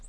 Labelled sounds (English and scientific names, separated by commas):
Colima Warbler (Leiothlypis crissalis) flight call